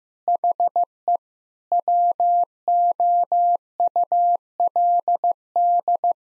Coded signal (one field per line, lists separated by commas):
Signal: Morse code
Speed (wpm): 15 wpm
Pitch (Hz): 700 Hz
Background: none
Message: HE WOULD